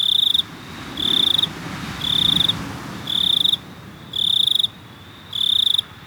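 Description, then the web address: Cricket chirping in short pulsed bursts of about half a second, repeated roughly once a second, with a steady high tone and faint low background rumble. "best service Blue Box animals crickets"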